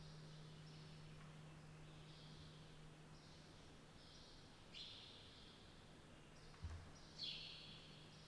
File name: Silencyo VILLAGE DAY Bells Inside Small Church Birds